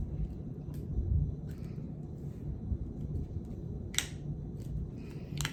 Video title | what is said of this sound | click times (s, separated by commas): 🍂Squirrley Temu Haul | I had to unlock it. | 4.0 s, 5.4 s